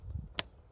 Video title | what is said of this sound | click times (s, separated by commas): Changement durite turbo et contacteur marche arrière ford focus. | tac, il vient se clipser. | 0.4 s